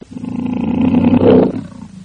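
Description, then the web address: Lion roar: a single deep, rich, throaty roar that swells in loudness over about a second and a half, then drops abruptly to a fainter tail. "Partners In Rhyme LION"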